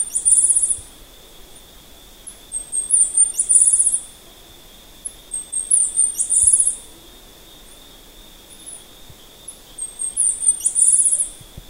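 Bird giving very high, thin chittering calls in short bursts every few seconds, over a steady high hum and soft background noise.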